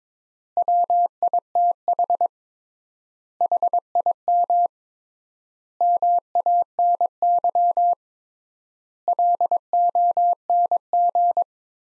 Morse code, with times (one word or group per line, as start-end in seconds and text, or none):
0.6-2.3 WITH
3.4-4.7 HIM
5.8-7.9 MANY
9.1-11.4 LONG